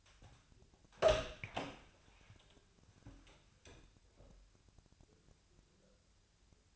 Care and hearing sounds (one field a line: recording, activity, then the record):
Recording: daily activity, microphone in the room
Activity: open door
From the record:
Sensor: 2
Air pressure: 1007.4 hPa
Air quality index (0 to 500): 182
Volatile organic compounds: 10 ppm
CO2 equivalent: 2232 ppm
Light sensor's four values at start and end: 10/23/9/10 and 10/24/10/10